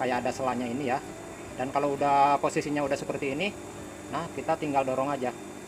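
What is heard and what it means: A sewing machine bobbin case, already threaded, is lined up and about to be pushed into the machine's rotary hook while someone talks throughout. Nothing has seated or clicked yet, as the clip ends just before the case goes home.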